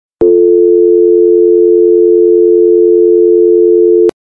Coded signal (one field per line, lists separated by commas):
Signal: telephone call progress tone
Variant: North America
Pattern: dial tone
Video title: Dial tone - Sound effect